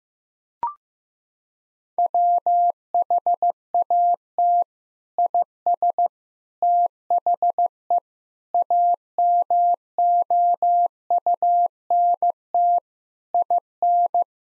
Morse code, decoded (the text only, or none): WHAT IS THE AMOUNT IN